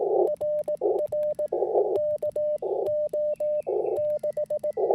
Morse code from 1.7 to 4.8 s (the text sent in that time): KO 6